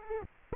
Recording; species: mosquito wingbeat signal from an infrared sensor; Aedes aegypti